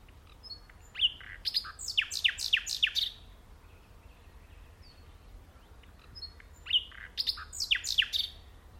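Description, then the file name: Common nightingale song in two bursts, each a rapid run of sharp, descending whistled strokes, separated by about three seconds of quiet. "Luscinia megarhynchos"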